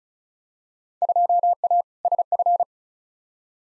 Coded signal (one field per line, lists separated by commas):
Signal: Morse code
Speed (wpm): 36 wpm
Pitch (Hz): 700 Hz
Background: none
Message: 2A SF